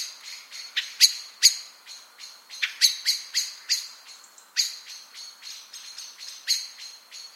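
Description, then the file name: Eurasian blackbird calls: a rapid, uneven string of sharp, clicking chinks that keeps going for several seconds, some notes louder than others. "Turdus merula"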